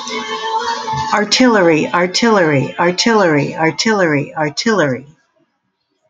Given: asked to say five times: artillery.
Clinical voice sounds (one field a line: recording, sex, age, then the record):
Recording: repeated word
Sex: female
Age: 60 to 69 years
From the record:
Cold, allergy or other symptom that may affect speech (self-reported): no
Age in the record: 64 years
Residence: New Jersey, United States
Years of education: 14